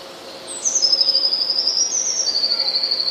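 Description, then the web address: Eurasian blue tit song: a thin, very high note slides down into a rapid, even trill, then a second high phrase follows with another fast trill. "wroblowe teka spiew. modraszkoteka"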